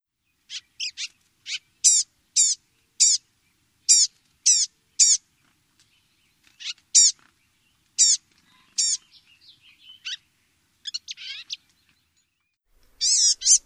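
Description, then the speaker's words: Blue-gray gnatcatcher call notes, thin nasal downslurred mews given in a loose series, some clustered, others spaced by pauses, with fainter notes between. Calls can get faster, louder and sharper during aggressive encounters. "So one last time, the call notes of the blue-gray gnatcatcher."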